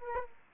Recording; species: mosquito wingbeat signal from an infrared sensor; Aedes aegypti